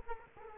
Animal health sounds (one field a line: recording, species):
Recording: mosquito wingbeat signal from an infrared sensor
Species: Aedes aegypti